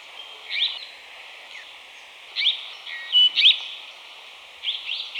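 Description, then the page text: Grey-headed parakeet calls: a few scattered, shrill upslurred squeaks and short whistled notes with gaps between them, over a steady background hiss. "Grey-Headed Parakeet Calls. Quick Sounds"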